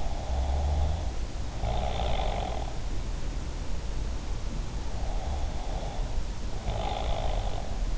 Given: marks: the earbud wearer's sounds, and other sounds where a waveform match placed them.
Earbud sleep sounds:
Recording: sounds in sleep by an in-ear microphone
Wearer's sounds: snoring breath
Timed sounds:
0.00-2.82 s: snoring breath
5.09-7.74 s: snoring breath

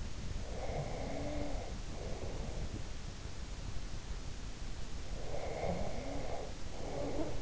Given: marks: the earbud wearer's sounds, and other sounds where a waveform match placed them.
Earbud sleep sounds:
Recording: sounds in sleep by an in-ear microphone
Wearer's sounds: breath, snoring breath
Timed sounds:
0.45-2.85 s: breath
5.13-7.41 s: snoring breath

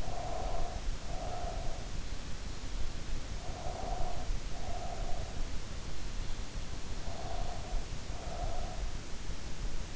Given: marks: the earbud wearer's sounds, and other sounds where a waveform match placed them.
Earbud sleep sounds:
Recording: sounds in sleep by an in-ear microphone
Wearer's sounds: breath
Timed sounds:
0.00-1.98 s: breath
3.26-5.56 s: breath
6.83-9.07 s: breath

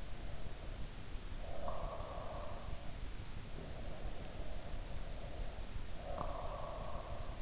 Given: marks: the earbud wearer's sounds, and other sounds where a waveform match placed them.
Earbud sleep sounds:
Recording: sounds in sleep by an in-ear microphone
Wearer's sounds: breath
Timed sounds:
1.45-2.80 s: breath
5.94-7.42 s: breath

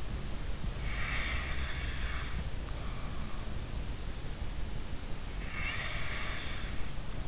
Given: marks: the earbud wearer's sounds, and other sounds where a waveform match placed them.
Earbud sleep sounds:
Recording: sounds in sleep by an in-ear microphone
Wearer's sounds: breath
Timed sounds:
0.87-3.21 s: breath
5.43-7.28 s: breath

